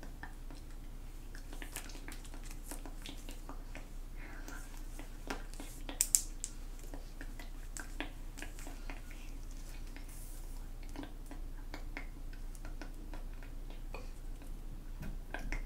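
Inaudible whispering runs through the whole stretch as a dense, fidgety mix of soft breathy sounds and small clicks and taps. A steady low hum sits underneath. Around six seconds a couple of sharper snaps stand out, with lighter ticks scattered throughout.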